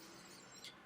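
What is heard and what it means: A round plastic Apple AirTag tracker tag (2021) is pushed down into a clip holder and turned to the right to lock it. Over a faint, steady background, a single short snap is heard at 0.6 s as the tag seats and locks into the holder.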